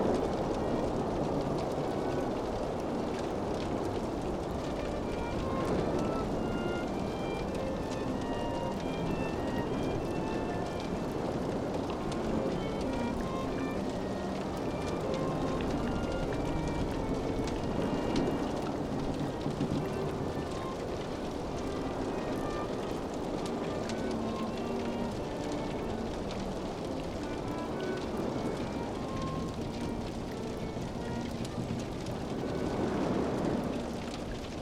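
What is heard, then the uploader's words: The ocean surges in a thick, steady rush that never lets up, heavy in the low and middle range with a rain-like hiss on top. Soft string notes drift through the wash in short held tones, and a swell rises near the end. Pirate Ship and the Terrible Sea, the Comfort of Strings. Outside the walls of the ship, the ocean surges relentlessly.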